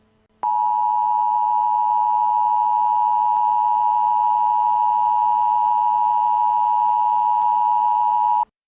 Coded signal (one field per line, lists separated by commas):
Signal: Emergency Alert System (SAME) tones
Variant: 853 and 960 Hz attention tone